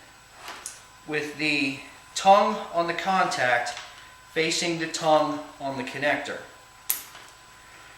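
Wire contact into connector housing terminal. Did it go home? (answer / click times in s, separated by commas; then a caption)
yes / 6.9 s. A crimped wire contact is pushed into the terminal of a plastic connector housing, with the contact's tongue facing the connector's tongue, while someone talks. A sharp click at 6.9 s marks the contact seating in the housing.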